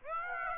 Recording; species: mosquito wingbeat signal from an infrared sensor; Aedes aegypti